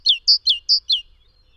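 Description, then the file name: Great tit song, five crisp notes alternating between a downslurred note and a steady high one, sung in quick regular rhythm. "Mesange charbonniere chants"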